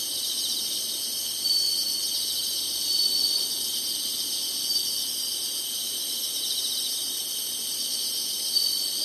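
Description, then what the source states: Insect chorus, a dense high-pitched pulsing drone that holds steady throughout, with small swells in loudness. Singing, in summer.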